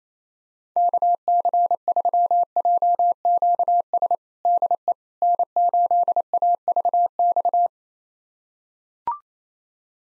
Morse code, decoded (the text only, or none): KC3JQS DE N8AVX